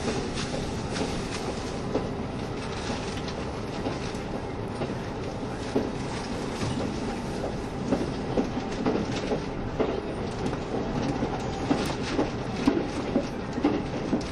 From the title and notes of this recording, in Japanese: 配信は、JR九州キハ72系 ゆふいんの森06号02 うきは～博多です。走行音。